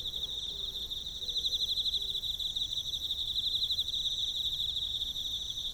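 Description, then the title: Emma field cricket song, a steady pulsing high trill running without pause, with fainter high insect buzzing above it. Recorded with a ZOOM F6 recorder and a Sennheiser MK microphone. "エンマコオロギ"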